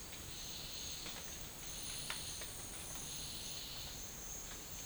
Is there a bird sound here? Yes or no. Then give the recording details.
no. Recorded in dense forest near Puerto Asís, Putumayo, Colombia, on 12 March 2025 at 11:30. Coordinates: 0.500, -76.322. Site GP06